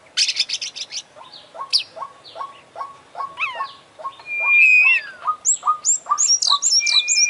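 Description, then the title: Oriental magpie-robin song opening with a dense high buzz, then evenly spaced short notes, a long level whistle and rising looped whistles. Champion bird singing prolifically ('gacor'); part of a selected compilation of tutoring bird songs ('masteran'). "Kacer Juara Gacor"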